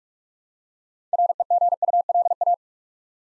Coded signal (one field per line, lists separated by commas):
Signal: Morse code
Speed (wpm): 44 wpm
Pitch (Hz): 700 Hz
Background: none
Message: REGULA